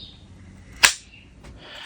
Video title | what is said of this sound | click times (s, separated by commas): Leather VS Plastic Knife Sheath, Which is Better? | that's the snap you want to hear because that is form fitted to the guard | 0.8 s